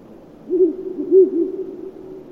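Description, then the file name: Ural owl uttering a quick group of low, mellow hoots, a couple of rounded notes followed by softer ones. "viirupollo hallikainen"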